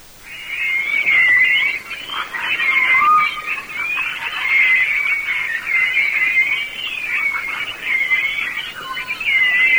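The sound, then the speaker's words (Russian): Vocalizations of a pilot whale, a 3-tonne whale known as the canary of the sea: a continuous chorus of high, warbling whistles and squeaky chirps that rise and fall in pitch, layered over a soft background hiss with no pauses. “Другой кит, гринда, несмотря на свой 3-тонный вес, считается канарейкой моря.”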